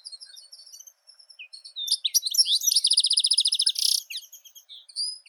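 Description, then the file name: European goldfinch song: soft twitters building into a loud buzzy rattling trill, ending in thin rising notes. "Golosa ptic - CSHegol Carduelis carduelis"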